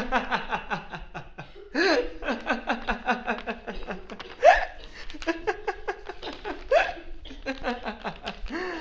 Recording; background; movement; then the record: laughter; a bystander coughing; walking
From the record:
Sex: male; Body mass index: 21.0 kg/m2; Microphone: on the chest, facing the body